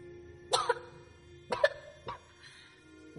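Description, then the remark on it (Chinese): Faint coughing from a student in dust-filled air: a few short, harsh bursts come one after another with uneven gaps between them over a low, quiet background. No one speaks. “空气中没有回答，只有若隐若现的咳嗽声传来。”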